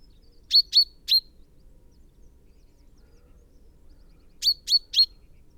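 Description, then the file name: Common chaffinch calls: two bursts of three sharp, high chinks each, separated by a pause of about three seconds in otherwise quiet surroundings. "Fringilla coelebs"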